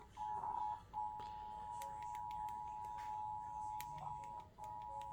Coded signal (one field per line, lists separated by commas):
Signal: Emergency Alert System (SAME) tones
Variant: 853 and 960 Hz attention tone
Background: music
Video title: eas svr Eas#64